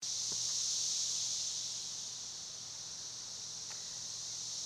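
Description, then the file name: Cicada singing a continuous, sizzling high buzz, loudest at the start then holding steady, with a couple of faint clicks. Recorded 1 June 2011. "2011 06 01 cicada"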